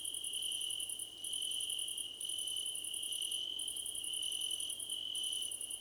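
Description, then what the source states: Crickets in chorus, a constant high ringing trill with faster, higher pulsed chirps running in bursts. Crickets in a chorus described as a choir competition.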